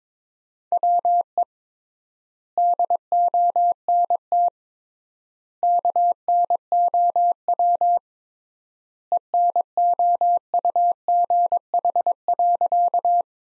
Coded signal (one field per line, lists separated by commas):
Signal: Morse code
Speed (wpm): 22 wpm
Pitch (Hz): 700 Hz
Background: none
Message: WE DONT KNOW ENOUGH.